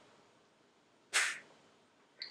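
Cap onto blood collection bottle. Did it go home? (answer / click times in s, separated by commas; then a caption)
yes / 2.2 s. A cap is placed on a small plastic blood collection bottle and pressed down hard with a finger until it snaps shut. A loud, brief broadband burst sounds around 1.1 seconds and fades by about 1.4 seconds, followed by a short, sharp click at 2.2 seconds. The cap is seated and closed.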